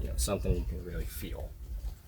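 A new spark plug wire boot on a 1977 Pontiac Trans Am is handled toward its spark plug or distributor cap terminal while someone talks. Nothing has seated or clicked yet; the boot is not yet home on the terminal.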